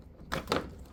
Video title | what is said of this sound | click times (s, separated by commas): Land Cruiser 100 / LX 470 Front seat reupholstery in depth tutorial | you want to push down till you hear a click and then you should be able to wiggle it out | 0.3 s, 0.5 s